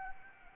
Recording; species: mosquito wingbeat signal from an infrared sensor; Anopheles gambiae